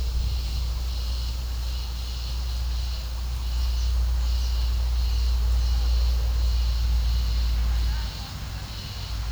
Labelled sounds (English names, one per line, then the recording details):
none
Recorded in pastures near Puerto Asís, Putumayo, Colombia, on 21 March 2025 at 14:00
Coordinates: 0.497, -76.327
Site G072